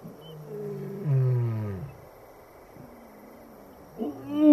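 Lion giving a low, groaning roar that swells and falls around the one-second mark, followed by fainter moaning sounds and a final rising grunt.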